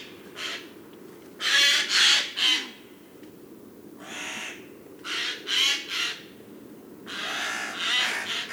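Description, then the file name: Eurasian jay uttering rasping, hoarse screeches in clusters of two or three, separated by short pauses. "Garrulus glandarius"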